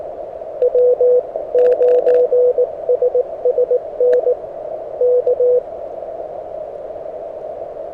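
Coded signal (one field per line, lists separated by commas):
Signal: Morse code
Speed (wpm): 20 wpm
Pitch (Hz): 500 Hz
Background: radio noise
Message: W9SSN K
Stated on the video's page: Beginner CW SOTA activation on 40 m and 30 m with an HF antenna on the summit, under bad QSB.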